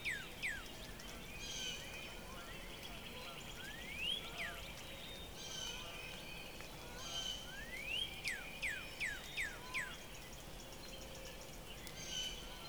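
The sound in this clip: Northern Cardinal song: clear slurred whistles sweeping up and down, given in short bursts, with other birds calling faintly alongside.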